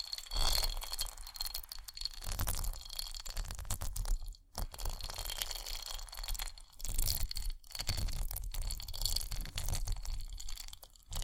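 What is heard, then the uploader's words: Bumpy textured items scratch in uneven, gritty bursts, a dense crackling rasp with a bright hiss on top and low thumps beneath. Brief silent gaps break it up, notably near 4.5 and 6.5 seconds, before the scraping resumes with changing intensity. ASMR Bumpy Textured Items Scratching（No Talking）.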